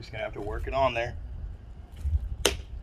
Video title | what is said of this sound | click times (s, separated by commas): CAN-AM RYKER GAGE SPOILER BY A & UTV PRO INSTALLATION VIDEO | There you go, snapped in place. | 2.5 s